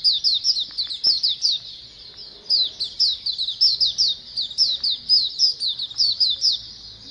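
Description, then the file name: White-eye chorus of rapid, thin, high chirps, packed closely in quick bursts. A colony of white-eyes calling together. "suara pleci koloni omkicau"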